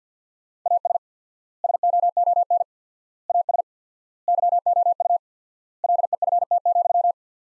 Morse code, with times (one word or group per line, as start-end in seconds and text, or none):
0.7-1.0 AS
1.6-2.6 SOON
3.3-3.6 AS
4.3-5.2 YOU
5.8-7.1 LEFT,